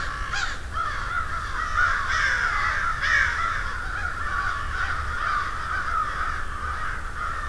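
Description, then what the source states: Crows cawing in a busy chorus, with several louder harsh calls breaking through the constant background of the flock. Field recording of a murder (flock) of crows.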